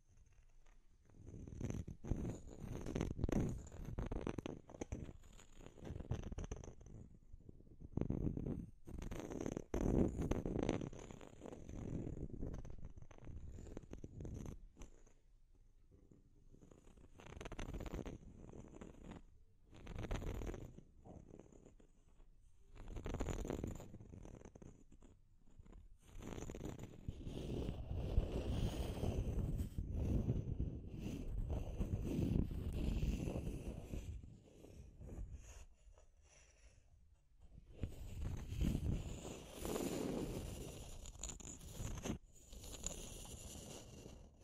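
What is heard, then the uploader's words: Deep, rough scratching comes in bursts of strokes, each run lasting a few seconds with short pauses between. The scraping is heavy and low, with a gritty, zipper-like rasp on top, and grows denser and more continuous after about 26 seconds. Deep Scratching.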